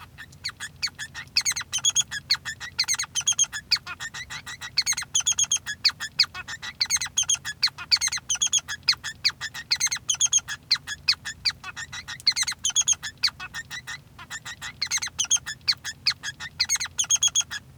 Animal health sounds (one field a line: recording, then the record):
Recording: song of a male Bengalese finch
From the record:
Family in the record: son of father 3